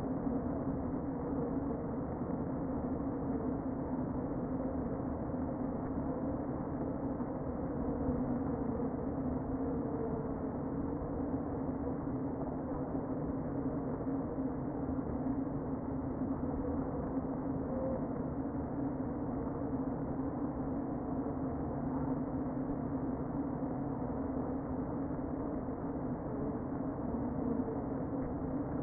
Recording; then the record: honeybee colony, microphone inside the hive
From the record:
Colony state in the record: queen present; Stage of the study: before two queens were removed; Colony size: about 60,000 bees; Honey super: yes